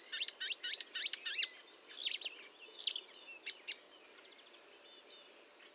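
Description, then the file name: Marsh warbler song, a quick jumble of buzzy chatters and sharp notes, fading into softer high twittering phrases. Recorded at Fontaine-Française, Fourneau, on 1 June 2022 at 10:55, using Nagra and Telinga equipment. "Rousserolle verderolle 1055 Fontaine-Francaise-Fourneau"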